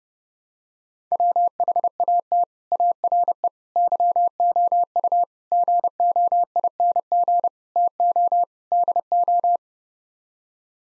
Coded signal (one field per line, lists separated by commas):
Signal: Morse code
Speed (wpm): 30 wpm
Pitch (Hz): 700 Hz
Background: none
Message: WHAT ARE YOU GOING TO DO